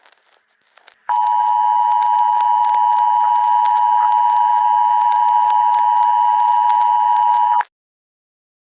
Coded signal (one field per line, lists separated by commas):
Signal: Emergency Alert System (SAME) tones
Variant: 853 and 960 Hz attention tone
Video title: Emergency Alert System Eas Scenario: Blood Rain